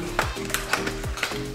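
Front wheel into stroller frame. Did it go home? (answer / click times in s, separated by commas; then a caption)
no / none. A front wheel post is being handled at the plastic frame socket of a Peg Perego Ypsi stroller, with music playing in the background. A few brief taps are heard over the music. Nothing has seated or clicked yet.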